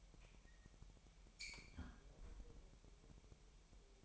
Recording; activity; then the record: daily activity, microphone in the room; close fridge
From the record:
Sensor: 1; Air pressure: 1002.0 hPa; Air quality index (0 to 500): 245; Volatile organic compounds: 51 ppm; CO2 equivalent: 3306 ppm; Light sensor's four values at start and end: 8/28/10/11 and 8/28/10/11